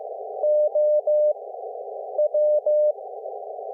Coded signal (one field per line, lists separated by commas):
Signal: Morse code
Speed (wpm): 15 wpm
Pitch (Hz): 600 Hz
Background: none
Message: OW